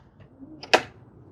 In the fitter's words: Make sure it clicks into place. Okay, so that's good.